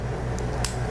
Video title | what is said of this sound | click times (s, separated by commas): Modality - Cryocuff Application | so make sure you listen for the click so that you have a secure | 0.7 s